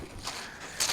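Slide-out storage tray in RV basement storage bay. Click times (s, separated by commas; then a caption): 0.8 s. A heavy-duty slide-out storage tray with an 800-pound capacity rolls in the basement storage bay of a 2020 Thor Venetian 400HP motorhome. A soft rolling rumble is followed by a single sharp click at 0.8 s as the tray locks in place.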